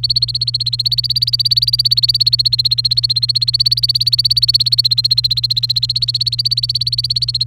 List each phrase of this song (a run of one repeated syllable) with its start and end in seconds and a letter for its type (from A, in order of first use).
0.03-7.46 A